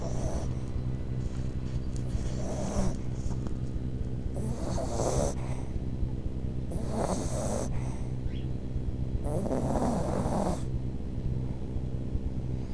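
A mother snoring: rough, rasping breath noises recur about every two to two and a half seconds, roughly five breaths in the stretch, over a steady low hum. This is ordinary adult snoring with a regular sleep breathing rhythm.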